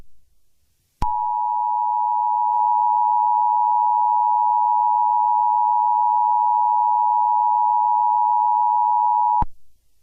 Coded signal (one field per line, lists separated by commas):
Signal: Emergency Alert System (SAME) tones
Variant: 853 and 960 Hz attention tone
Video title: Soap 1.3 Network EAS Broadcast (6/13/25)